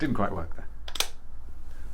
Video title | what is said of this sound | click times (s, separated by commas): Love At First Scent 20 - live perfume reviews - feat. Hermes, Guerlain, Serge Lutens | A satisfying click. | 1.0 s